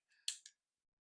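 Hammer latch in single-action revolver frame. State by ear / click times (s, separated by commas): seated / 0.3 s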